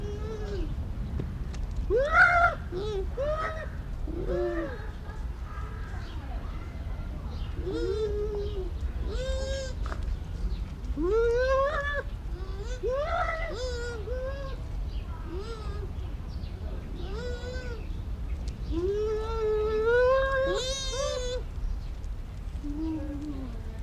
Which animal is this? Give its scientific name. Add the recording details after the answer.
Speothos venaticus. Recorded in captivity. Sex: pair. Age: adult. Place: Zoo Berlin, Berlin, DE. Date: 1994-10-01 11:35. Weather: wolkig, z. T. etwas Regen, aufheiternd, 12°C. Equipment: Marantz CP 430, Sennheiser ME 80, Kopie Uher Variocord 263. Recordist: Tembrock, Günter. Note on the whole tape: Paar umherlaufend (längere Stücke), diverse Lautformen, bei Begegnung rhythmische Folgen, z.T. alternierend. Sonst nacheinander laufend, sie manchmal zur Innentür